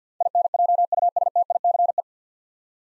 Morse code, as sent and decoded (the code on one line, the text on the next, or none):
.. -. .--- ..- ... - .. -.-. .
INJUSTICE